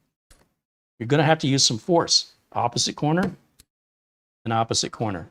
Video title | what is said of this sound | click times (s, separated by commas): Computer building LIVE! - Choose Your Own Intel PC Build Adventure | push down on it till you hear it click then do the opposite corner | 0.3 s